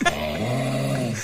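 A single steady, low, buzzy rumble lasts just over a second at an even loudness, with a brief rougher onset. It is a sleeping adult man's snore, a vibrating sound made as air passes the relaxed soft tissues of the throat.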